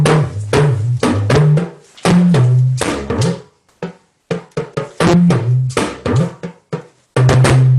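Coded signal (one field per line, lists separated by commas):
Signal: talking drum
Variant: Yoruba dùndún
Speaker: that simply means welcome everybody we have been expecting every single uh one of you and did you arrive safely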